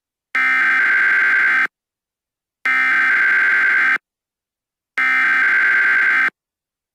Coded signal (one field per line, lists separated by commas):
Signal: Emergency Alert System (SAME) tones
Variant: header bursts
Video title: NASCAR Talladega Fall 2023 finish gets interrupted by the emergency alert system